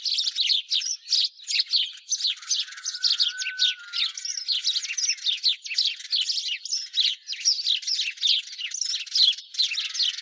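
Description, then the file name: House sparrow chatter: a steady, busy stream of quick high chirps lasting the whole time, with one soft, thin, drawn-out whistle between three and four seconds in. "Passer domesticus"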